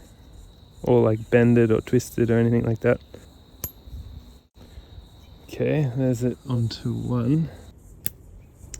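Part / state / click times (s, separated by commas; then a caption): seal ring into turbo shaft groove / seated / 8.1 s. Someone talks while gently working a metal piston seal ring over and into its groove on the turbo shaft or seal carrier of a Pulsar Turbo G35-900 (6262G) during a full rebuild, taking care not to bend or twist the ring. A faint steady high tone runs under the speech, with a small tick near 3.6 s. A sharp, brief metallic click at 8.1 s marks the ring snapping into place in its groove, confirmed as seated.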